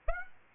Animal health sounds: mosquito wingbeat signal from an infrared sensor; Aedes aegypti

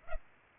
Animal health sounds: mosquito wingbeat signal from an infrared sensor; Culex pipiens

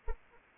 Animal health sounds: mosquito wingbeat signal from an infrared sensor; Anopheles arabiensis

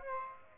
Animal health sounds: mosquito wingbeat signal from an infrared sensor; Aedes aegypti

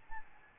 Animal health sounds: mosquito wingbeat signal from an infrared sensor; Aedes albopictus

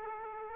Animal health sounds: mosquito wingbeat signal from an infrared sensor; Aedes aegypti

